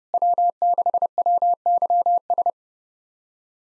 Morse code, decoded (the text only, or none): W6WYS